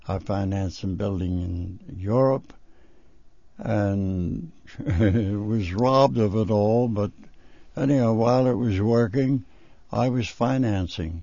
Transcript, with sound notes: I financed a building in Europe. And... ( he laughs ) I was robbed of it all, but, anyhow, while I was working, I was financing.